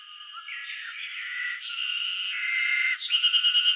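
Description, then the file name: Cicada song with a wavering, pitch-shifting hum that gradually grows louder, ending in a burst of rapid, even pulsing. Northern Japan, summer. "INSECT CICADA NORTHERN JAPAN SUMMER"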